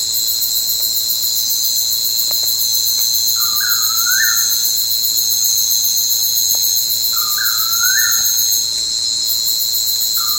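Bird calls, a rising whistled slur repeated about every four seconds, set against a constant shrill insect chorus.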